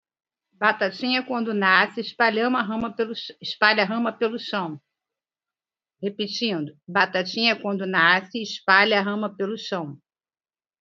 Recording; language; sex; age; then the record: short text; Brazilian Portuguese; female; 50 to 59 years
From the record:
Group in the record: control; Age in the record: 58 years